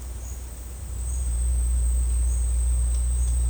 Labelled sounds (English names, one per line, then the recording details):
none
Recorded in secondary vegetation near Puerto Asís, Putumayo, Colombia, on 21 March 2025 at 11:00
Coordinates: 0.502, -76.326
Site G100